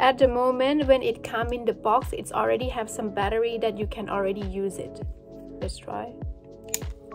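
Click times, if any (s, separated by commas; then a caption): 6.7 s. Someone talks over background music while fitting a plastic attachment, a guide comb or head, onto the body of a BaByliss Men Face Body Visage Corps Multigroom men's grooming trimmer. A sharp click is heard at 6.7 s as the attachment seats onto the trimmer.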